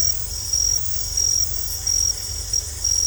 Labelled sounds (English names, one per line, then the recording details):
none
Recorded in secondary vegetation near Puerto Asís, Putumayo, Colombia, on 20 December 2024 at 21:00
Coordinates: 0.468, -76.324
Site G095